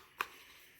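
A spare 9mm magazine for a Glock 43 pistol is pushed into a pants-mounted magazine holder. A single sharp, bright click sounds at 0.2 s against an otherwise quiet background. The magazine seats and stays in place without moving.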